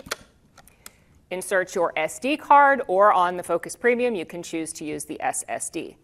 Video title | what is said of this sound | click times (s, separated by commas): Unboxing the Focus Premium | now you insert your fully charged battery with white riding up until it clicks | 0.1 s